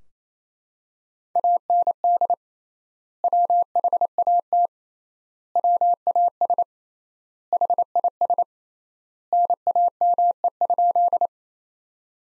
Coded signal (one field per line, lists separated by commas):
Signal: Morse code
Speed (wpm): 28 wpm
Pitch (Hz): 700 Hz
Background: none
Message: AND WHAT WAS HIS NAME?